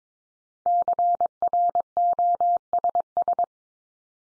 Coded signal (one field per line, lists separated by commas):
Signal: Morse code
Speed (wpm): 22 wpm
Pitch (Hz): 700 Hz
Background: none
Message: CROSS